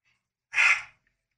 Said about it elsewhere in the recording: Having this cough, and so I took him in, but they say it's kennel cough, but the problem is he ain't been to the kennel.